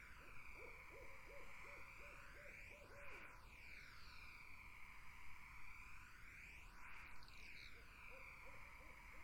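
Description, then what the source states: Barred owls call in a quick string of looping hoots early on. A few more hoots return near the end, all over a broad, shifting hiss. Barred owls in a summer wetland.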